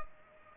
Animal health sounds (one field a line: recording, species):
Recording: mosquito wingbeat signal from an infrared sensor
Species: Culex pipiens